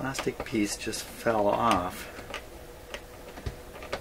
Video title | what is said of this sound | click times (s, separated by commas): Admiral 69N22-1 AM Clock Radio Checkout and Repair | Doesn't seem to want to click into place properly. | none